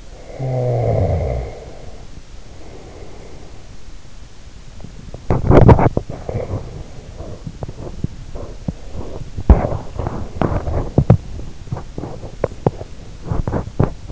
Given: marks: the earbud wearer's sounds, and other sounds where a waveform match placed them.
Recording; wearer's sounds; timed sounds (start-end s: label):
sounds in sleep by an in-ear microphone; snoring breath, body movement, teeth grinding
0.20-3.63 s: snoring breath
4.49-14.12 s: body movement
9.31-14.02 s: teeth grinding